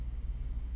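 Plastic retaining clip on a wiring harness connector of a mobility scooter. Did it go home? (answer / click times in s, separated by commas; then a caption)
no / none. The black plastic retaining clip over the wiring harness connector on a Cobra GT4 mobility scooter, which keeps the harness attached, is being handled before it is pressed down. Only a steady low rumble is heard. Nothing has seated or clicked yet.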